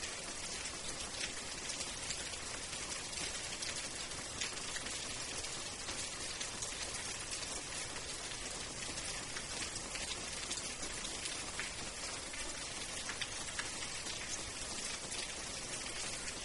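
Gentle rain falls steadily throughout, a dense, even hiss with countless fine drops pattering on a surface. The sound stays level from start to finish, bright, with a soft low rumble underneath but no distinct thunderclap.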